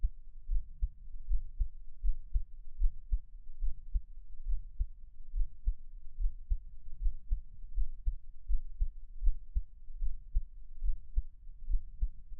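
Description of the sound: A normal adult heartbeat, heard up close in an ASMR setting with no talking, beating at about 76 beats per minute.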